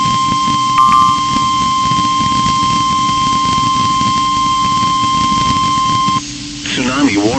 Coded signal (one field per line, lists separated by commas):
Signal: Emergency Alert System (SAME) tones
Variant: 1050 Hz attention tone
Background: speech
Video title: {RARE} EAS #2081 - TSUNAMI WARNING for 7.3 Magnitude Earthquake - NOAA Weather Radio KEC49 12-5-2024